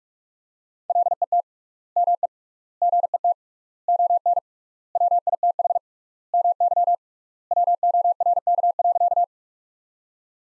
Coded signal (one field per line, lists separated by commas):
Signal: Morse code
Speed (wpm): 41 wpm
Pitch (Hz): 700 Hz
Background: none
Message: LET ME GET ON WITH MY WORK.